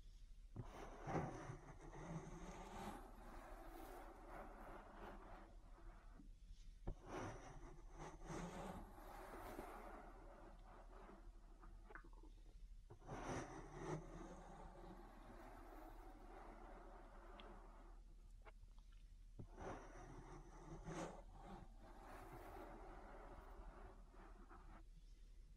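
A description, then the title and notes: Ear massage sounds: dense, rustling rubbing swells and fades in slow waves every few seconds, with sharp scratchy touches and a low, steady hum underneath. ASMR Relaxing Ear Massage.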